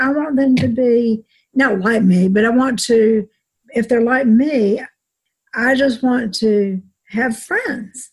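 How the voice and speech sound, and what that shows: An adult woman speaks slowly with long pauses and tangled sentence structure, showing word-finding difficulty from aphasia after a severe stroke in November 2016 that also left numbness on her right side. She has had speech therapy and an intensive aphasia program.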